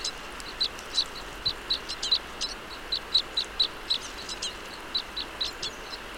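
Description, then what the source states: Red crossbill flight calls: crisp, clipped high notes repeated many times, against a low background hiss. Call type E; flight calls.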